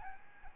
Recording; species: mosquito wingbeat signal from an infrared sensor; Aedes albopictus